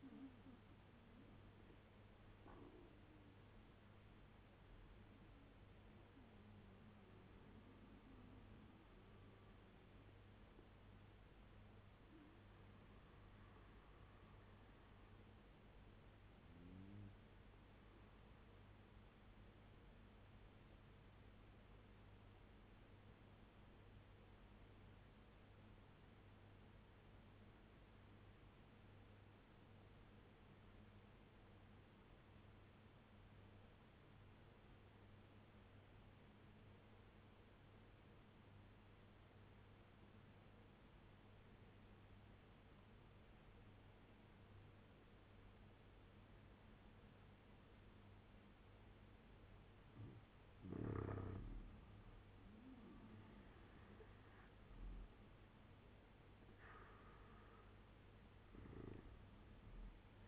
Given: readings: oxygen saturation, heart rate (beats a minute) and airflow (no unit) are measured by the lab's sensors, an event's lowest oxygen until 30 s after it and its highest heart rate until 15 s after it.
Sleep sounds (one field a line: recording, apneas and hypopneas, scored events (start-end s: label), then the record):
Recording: breathing in sleep by a voice recorder at the bedside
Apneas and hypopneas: 1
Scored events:
23.00-48.20 s: obstructive apnea (N2, oxygen 95% highest, then 84% lowest, heart rate 73 at the start, 84 highest)
From the record:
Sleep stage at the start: N2 (light sleep)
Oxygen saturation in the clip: 81 to 95%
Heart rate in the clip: 68 to 84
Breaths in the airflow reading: 4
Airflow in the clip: -4.8 to 7.5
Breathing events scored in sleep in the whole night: 201 in 6.5 hours asleep